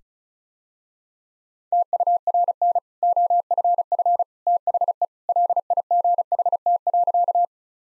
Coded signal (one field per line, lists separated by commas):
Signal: Morse code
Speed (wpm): 36 wpm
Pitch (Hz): 700 Hz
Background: none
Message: TURN OFF THE LIGHT.